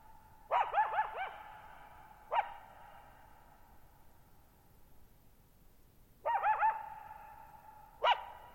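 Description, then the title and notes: Coyote calling alone: several bursts of wavering yips and short barks, each trailing into a long ringing echo, separated by quiet gaps. Lone coyote at night, July 14, 2019, Thirtymile Meadows, Okanogan National Forest, Okanogan High Country, 6400 ft; high dry plateau, shallow bowl-shaped meadow, boggy ground, very quiet, reverberant. "Lone Coyote at Thirtymile Meadows. I spent the night of July 14, 2019, camped near Thirtymile Meadows in the Okanogan National Forest at 6400 ft (1950 m)"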